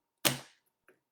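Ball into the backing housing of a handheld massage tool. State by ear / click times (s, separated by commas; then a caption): seated / 0.3 s. A ball from a handheld massage/lymphatic tool, removed for cleaning, is sat back in its backing housing and pressed down. It clips in with a sharp click at 0.3 s, followed by a much fainter tick near 0.9 s. The ball is seated back in its housing.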